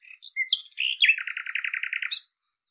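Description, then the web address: Common nightingale singing one short phrase: a few high chirps and a sliding whistle, then a fast, steady rattle of about ten repeated notes. "cianscape birddata Deverinetal 2025"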